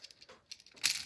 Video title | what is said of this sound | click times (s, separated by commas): Part 2 extension multiple outlets | okay ayan na nag-click na. | 0.9 s